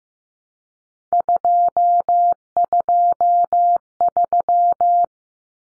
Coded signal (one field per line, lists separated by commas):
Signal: Morse code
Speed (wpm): 15 wpm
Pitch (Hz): 700 Hz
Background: none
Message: 223